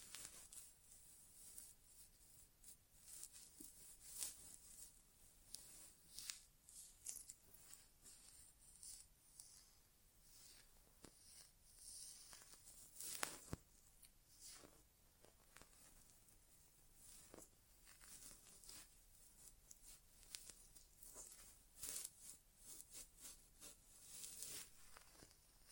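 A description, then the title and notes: A no-talking ASMR inner ear exam: close crackling, rustling and scratching sounds, bright and crisp, arriving in dense irregular bursts throughout. Sharper ticks and pops stand out now and then, one especially loud around thirteen seconds, over a faint steady hiss. ASMR Inner Ear Exam (No Talking).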